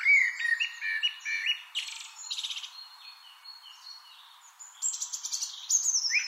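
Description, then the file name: Eurasian blackbird giving quick warbled notes followed by harsh, high twitters, with thin whistles and further high chirps afterwards. "Turdus merula"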